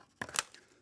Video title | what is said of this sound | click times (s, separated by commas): Das Schaf im Wolfspelz - das HERA ARMS H3L PRO Magazin | that will click in without any problem and like that it wouldn´t be an issue at all | 0.4 s